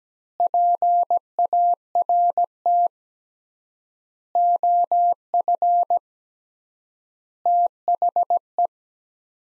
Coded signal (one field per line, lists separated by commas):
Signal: Morse code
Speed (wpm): 17 wpm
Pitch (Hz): 700 Hz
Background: none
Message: PART OF THE